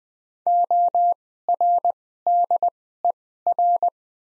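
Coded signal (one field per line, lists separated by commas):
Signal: Morse code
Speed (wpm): 20 wpm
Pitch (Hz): 700 Hz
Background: none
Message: ORDER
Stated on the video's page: Morse practice set of top 500 words at 20 wpm with Farnsworth-style double character spacing.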